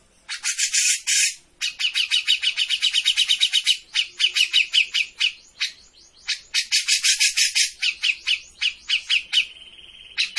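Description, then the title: Grey-cheeked bulbul with a rough, hissing burst, then quick harsh chatter notes in several runs, ending in a short steady whistled tone. Grey-cheeked bulbul in active, vigorous song (gacor); master recording for training cage birds. "Cucak Jenggot Gacor. Masteran burung cucak jenggot ! Suaka burung"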